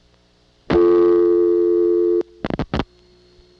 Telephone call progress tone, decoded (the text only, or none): dial tone